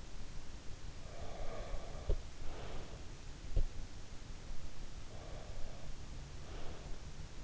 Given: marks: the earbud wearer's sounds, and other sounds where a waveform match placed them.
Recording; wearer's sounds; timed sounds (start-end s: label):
sounds in sleep by an in-ear microphone; breath
0.92-3.02 s: breath
3.31-3.80 s: sound from someone else or the room
5.15-7.44 s: breath